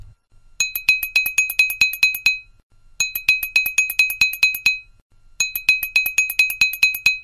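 doorbell ringing

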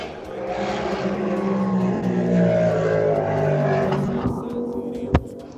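motorcycle passing by

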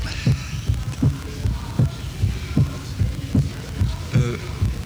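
heartbeat

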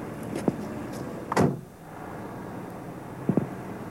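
car engine idling

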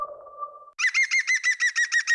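green woodpecker call

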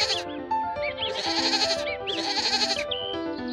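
goats bleating

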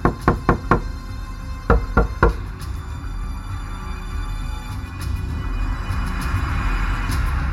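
knocking on a window

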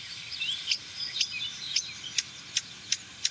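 common blackbird song

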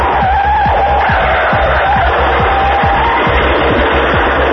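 car skidding and crashing

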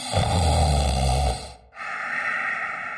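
snoring

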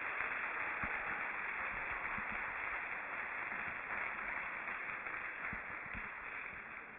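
audience applause

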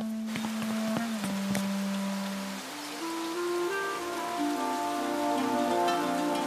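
heavy rain falling

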